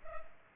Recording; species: mosquito wingbeat signal from an infrared sensor; Culex pipiens